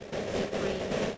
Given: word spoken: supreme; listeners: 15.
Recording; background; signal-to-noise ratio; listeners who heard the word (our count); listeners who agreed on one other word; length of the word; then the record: one English word in noise, from a listening test; noise modulated by three-talker babble; -6.7 dB; 2 of 15; 6 of 15; 0.78 s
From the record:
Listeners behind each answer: 6, 2, 1, 1, 1, 1, 1, 1, 1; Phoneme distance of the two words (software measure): 37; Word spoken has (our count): 2 syllables, 6 phonemes, stress on syllable 2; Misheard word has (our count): 2 syllables, 5 phonemes, stress on syllable 2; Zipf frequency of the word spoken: 4.04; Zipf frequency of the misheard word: 4.49